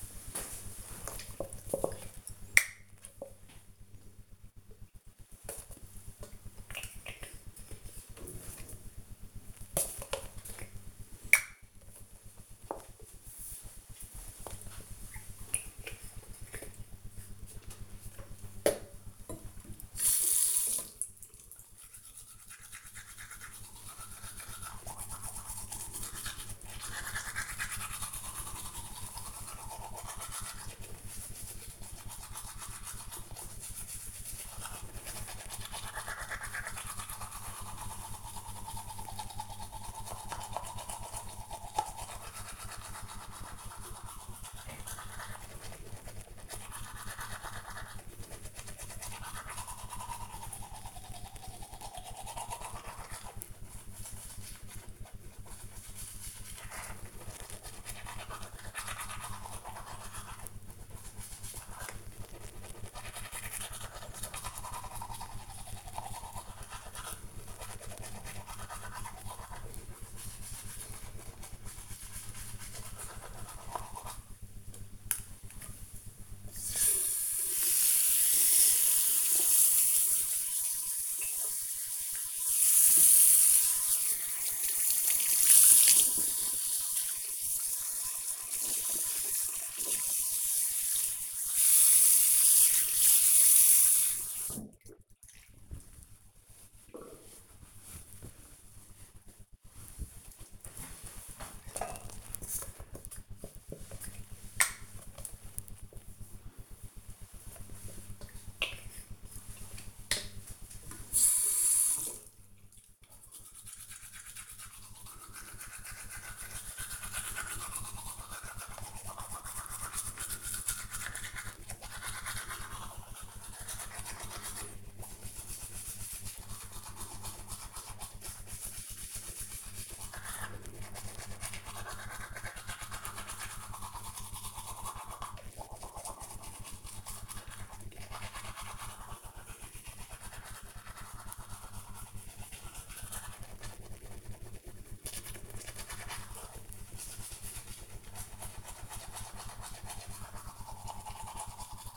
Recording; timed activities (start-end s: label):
household activities, microphone on the right wrist
10.14-94.88 s: brushing teeth
101.93-151.97 s: brushing teeth